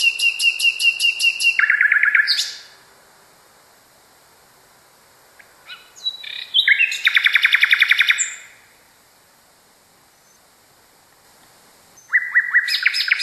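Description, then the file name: Common nightingale song in loud phrases: a rapid repeated pulsing trill, a lower buzzy run, then after a pause harsh churring rattles and another fast repeated series. Song variation. "kicauan nightingale a variasi. omkicau"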